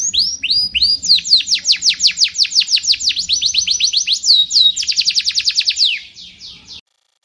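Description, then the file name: Canary song with a steady series of sharp downslurred notes, speeding into a quick rattling trill before fading out and stopping near the end. Canary of the Sekar Jagad variety. "kenari sekar jagad"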